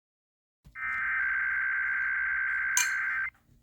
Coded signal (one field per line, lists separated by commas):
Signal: Emergency Alert System (SAME) tones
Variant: header bursts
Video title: Eas rwt on kwwj 1360am Baytown tx Eas#483